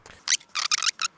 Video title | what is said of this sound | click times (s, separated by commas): ULTIMATE GUIDE: How to build the MAC PRO KILLER PC | a bit scary but it's all okay pressing down until they pop back up boom perfectly installed | 0.3 s, 0.7 s